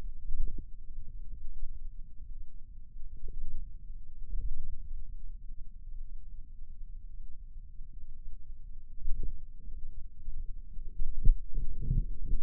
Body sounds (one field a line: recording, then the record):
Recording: forearm muscle sounds (acoustic myography)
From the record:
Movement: wrist flexion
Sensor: system 2, bracelet of six BSWA MPA416 microphones around the upper forearm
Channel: 1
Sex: male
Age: 22 years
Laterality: right